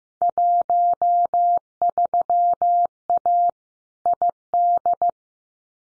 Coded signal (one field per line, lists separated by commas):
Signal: Morse code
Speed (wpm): 15 wpm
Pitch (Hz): 700 Hz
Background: none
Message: 13A ID